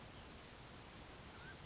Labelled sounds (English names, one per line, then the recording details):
Mountain Quail
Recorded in Sonoma County, California